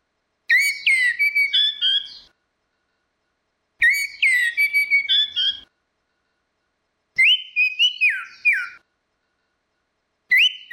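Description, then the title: Orange-headed thrush singing rich, varied whistled phrases with rapid trills, delivered roughly every three seconds, the last phrase cut off at the end. "Burung Anis Merah"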